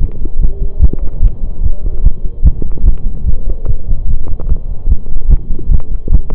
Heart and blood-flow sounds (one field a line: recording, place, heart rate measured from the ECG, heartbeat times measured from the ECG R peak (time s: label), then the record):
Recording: heart sounds by stethoscope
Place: between the tricuspid and mitral areas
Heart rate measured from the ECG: 149 bpm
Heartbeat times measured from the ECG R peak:
0.07 s: heartbeat
0.40 s: heartbeat
0.81 s: heartbeat
1.21 s: heartbeat
1.62 s: heartbeat
2.03 s: heartbeat
2.43 s: heartbeat
2.84 s: heartbeat
3.25 s: heartbeat
3.65 s: heartbeat
4.06 s: heartbeat
4.47 s: heartbeat
4.87 s: heartbeat
5.29 s: heartbeat
5.70 s: heartbeat
6.11 s: heartbeat
From the record:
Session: pedaling a stationary bicycle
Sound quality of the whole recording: saturated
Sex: male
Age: 25 years